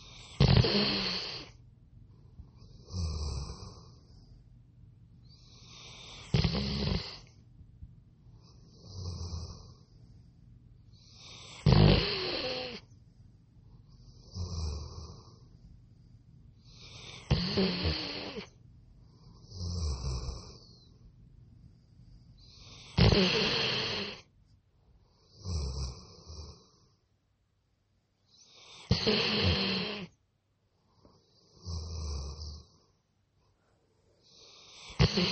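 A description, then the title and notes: Someone passed out and snoring, with loud rasping snores roughly every five to six seconds, each followed by a softer airy exhale. The rhythm stays fairly regular across the half minute, some snores harsher and louder than others, with a low hum between breaths. Passed out and snoring.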